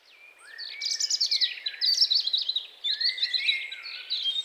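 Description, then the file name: European robin song: a stream of quick high twitters and trills. "Erithacus rubecula"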